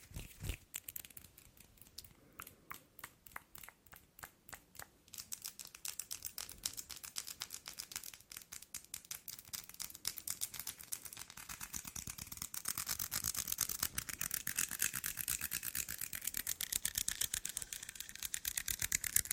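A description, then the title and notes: Fingernails tap in quick, crisp clicks, starting as a sparse, irregular patter for the first five seconds. The tapping then speeds into a dense, fluttering rattle that grows brighter and louder from about twelve seconds on. ASMR Nail Tapping and Finger Fluttering.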